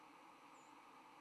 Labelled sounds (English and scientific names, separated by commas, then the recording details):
White-throated Sparrow (Zonotrichia albicollis) flight call
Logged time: 07:59 on 10 November 2014